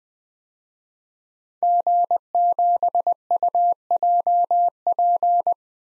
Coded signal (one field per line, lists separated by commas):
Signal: Morse code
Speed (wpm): 21 wpm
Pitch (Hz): 700 Hz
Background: none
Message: G7UJP